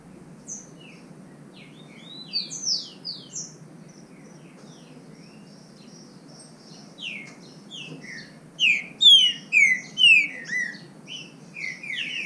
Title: Trinca Ferro NICÃO No Mato Disputando Com Solto